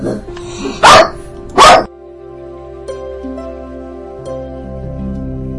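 A small female pet dog, reacting to the doorbell, lets out two sharp, loud barks in quick succession, followed by a steady, layered doorbell ringing tone that shifts pitch a few times and lingers to the end.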